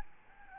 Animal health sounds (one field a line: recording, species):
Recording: mosquito wingbeat signal from an infrared sensor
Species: Aedes albopictus